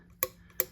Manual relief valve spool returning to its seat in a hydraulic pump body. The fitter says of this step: you can see this one has a really satisfying click return.